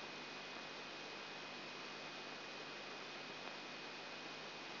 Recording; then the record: brain microelectrode recording played as sound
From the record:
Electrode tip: outside the subthalamic nucleus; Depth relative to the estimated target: -6 mm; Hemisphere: right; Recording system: AlphaMap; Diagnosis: Parkinson's disease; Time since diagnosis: 8 years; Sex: female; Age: 37 years